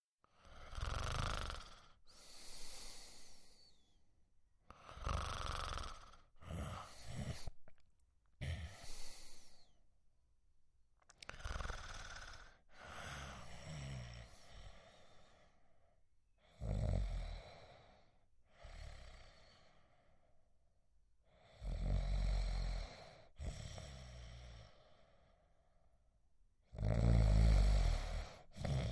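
Snoring from an adult sleeper, in irregular bursts of noisy breathing, mostly low-pitched.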